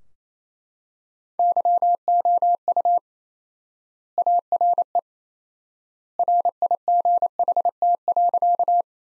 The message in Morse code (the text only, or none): YOU ARE RIGHT.